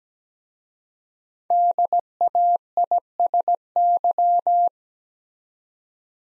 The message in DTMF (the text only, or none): none